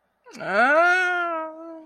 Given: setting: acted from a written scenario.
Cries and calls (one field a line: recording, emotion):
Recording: vocal sound without words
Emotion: embarrassment